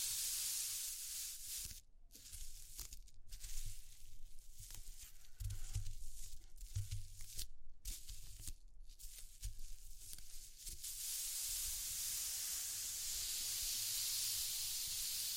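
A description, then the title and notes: ASMR texture sounds: a bright, airy hissing and scratching that runs almost the whole time, broken by a few brief gaps of near-silence around two, three, seven and nine seconds. Soft low thumps surface mid-clip, and the last few seconds settle into a steady, even hiss. ASMR Exploring Textures (No Talking).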